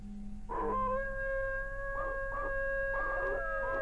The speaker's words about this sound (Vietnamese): Càng về đêm trời càng lạnh, sương mù bắt đầu phủ xuống, làm cho khung cảnh trong rừng càng thêm âm u. Bất chợt, một tiếng hú dài phá tan sự im lặng của khu rừng.